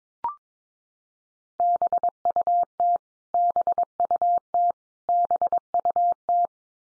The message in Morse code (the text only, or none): BUT BUT BUT